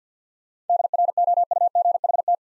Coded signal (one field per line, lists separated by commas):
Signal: Morse code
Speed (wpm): 49 wpm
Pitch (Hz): 700 Hz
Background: none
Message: DROUGHT